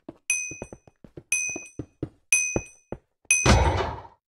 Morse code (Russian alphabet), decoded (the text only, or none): none